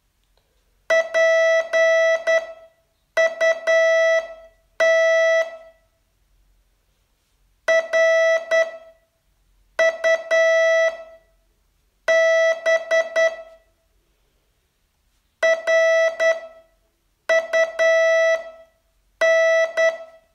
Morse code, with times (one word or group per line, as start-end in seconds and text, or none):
0.9-5.4 PUT
7.7-13.3 RUB
15.4-19.9 RUN